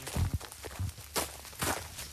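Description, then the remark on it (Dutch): Footsteps walking along a path in a cemetery, a series of crunchy, irregular steps with low thuds and brief gritty bursts, moderately loud with no talking. “Laten we die kant op lopen.”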